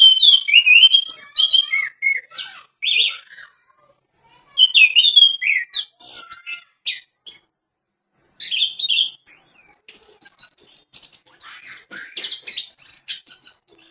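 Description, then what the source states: Orange-headed Thrush song of varied, rich whistles and rising and falling slurs mixed with thin chips, broken by two short silences. Song; called anis merah locally.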